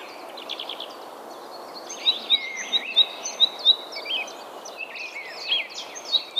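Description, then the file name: Great tit calls, a series of sharp high notes in quick succession, with scattered other chirps and a constant hiss. "Parus major"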